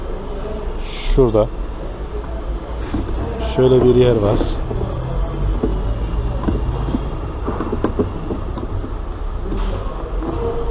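During an oil service on an Audi A6 sedan, a new oil filter element is handled and lined up by its tabs at its plastic filter housing, ready to be wiggled in until it sits. Someone talks over a steady low hum, with a few brief knocks and taps of handling. Nothing has seated or clicked yet; the clip ends just before the element goes home.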